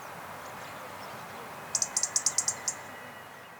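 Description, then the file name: European robin calls: a quick run of about nine sharp, high clicks in one second, over a quiet, hissy background. "Erithacus rubecula"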